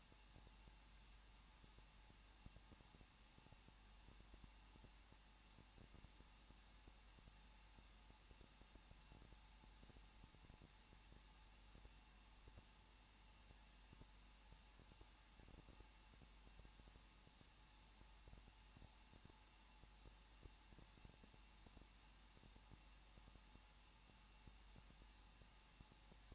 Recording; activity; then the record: daily activity, microphone in the room; no activity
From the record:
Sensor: 1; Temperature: 20.1 degrees Celsius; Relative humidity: 39.1%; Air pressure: 1006.5 hPa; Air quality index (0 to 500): 216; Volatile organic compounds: 72 ppm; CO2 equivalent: 3538 ppm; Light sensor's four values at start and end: 1/2/1/1 and 1/2/1/1